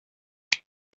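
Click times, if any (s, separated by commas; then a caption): 0.5 s. The blade of a Fury Skipper aluminium tri-fold (Jacob's ladder style) fishing knife is flipped open with a lot of force until it snaps into its open, locked position on the handle. A single loud, sharp snap is heard at 0.5 s, followed by a faint tick near the end. The blade seats firmly open.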